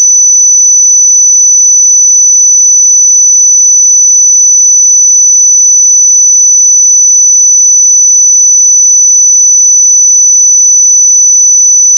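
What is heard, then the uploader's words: A pure sine tone at 5988 Hz holds completely steady for the whole twelve seconds, thin and piercingly high. Its level never wavers, and nothing else sounds beneath it apart from a faint click at the very end. 5988 Hz 1 Hz Interval Sine Pure Tone Frequency 441000 Sample Mono.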